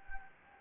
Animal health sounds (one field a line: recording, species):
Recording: mosquito wingbeat signal from an infrared sensor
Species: Anopheles gambiae